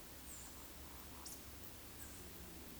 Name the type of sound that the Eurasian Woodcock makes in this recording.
whistle